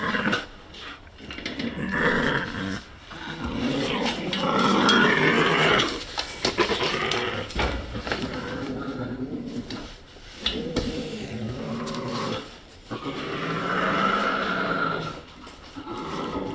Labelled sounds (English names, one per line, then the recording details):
Sun Bear defence call
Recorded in captivity
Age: adult
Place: Tierpark Berlin, Berlin, DE
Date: 1967-12-25 10:30
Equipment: R 20/1, Sennheiser MD 421
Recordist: Tembrock, Günter